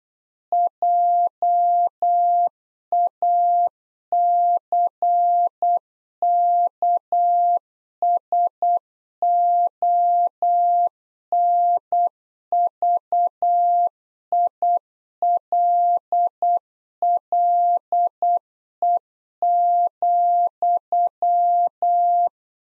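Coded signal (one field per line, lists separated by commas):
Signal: Morse code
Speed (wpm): 8 wpm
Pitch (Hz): 700 Hz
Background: none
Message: JACKSONVILLE,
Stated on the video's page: Practice QSO beginning segment (RST, QTH, name) at 8 wpm, sent twice for head-copy.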